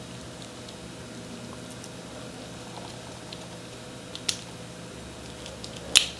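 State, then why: Seated. A metal watch band end, fitted with a spring bar at the other end of the metal strap, is pressed into a strap adapter for a Samsung Galaxy Watch 4. Small faint ticks and handling noises lead to a sharp click at 6.0 s as it locks into place, followed by a small tick just after. No one talks.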